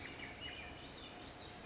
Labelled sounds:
Swainson's Thrush
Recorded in Sonoma County, California

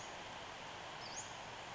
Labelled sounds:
Western Flycatcher
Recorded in Sonoma County, California

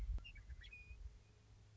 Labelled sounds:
Western Meadowlark
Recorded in Sonoma County, California

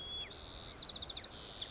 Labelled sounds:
White-crowned Sparrow
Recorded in Sonoma County, California

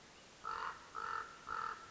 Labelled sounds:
Common Raven
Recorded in Sonoma County, California

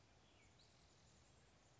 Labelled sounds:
Spotted Towhee
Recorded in Sonoma County, California

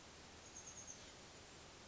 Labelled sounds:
Chestnut-backed Chickadee
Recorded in Sonoma County, California

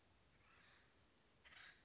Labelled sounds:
Acorn Woodpecker
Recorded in Sonoma County, California

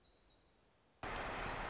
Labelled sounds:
Black-throated Gray Warbler
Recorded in Sonoma County, California

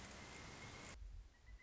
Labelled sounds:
Pileated Woodpecker
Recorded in Sonoma County, California

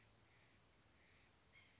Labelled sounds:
White-breasted Nuthatch
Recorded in Sonoma County, California

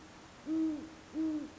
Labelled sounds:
Great Horned Owl
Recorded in Sonoma County, California

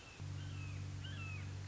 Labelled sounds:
Red-shouldered Hawk
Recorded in Sonoma County, California

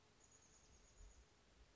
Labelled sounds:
Chestnut-backed Chickadee
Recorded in Sonoma County, California

